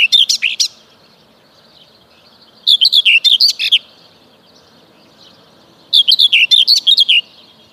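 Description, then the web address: Common whitethroat song in three short bursts of scratchy, chattering notes, separated by quiet pauses of around two seconds. "Przyroda Ptaki Cierniówka"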